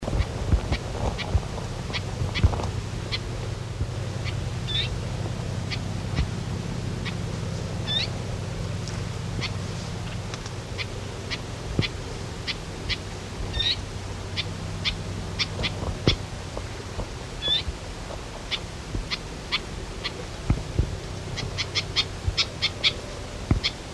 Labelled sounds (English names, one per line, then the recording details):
Red-backed Shrike call
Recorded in the wild
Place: Elnhausen, DE
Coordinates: 50.8156, 8.6825
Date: 1964-08-25
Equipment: Uher Report 4000, AKG D190
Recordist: Krey, Winfried
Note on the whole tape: Rufe